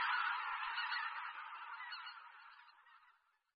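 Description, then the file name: Bean goose honking, a rough nasal burst of calls that fades steadily away over about three seconds. "Husa-polní"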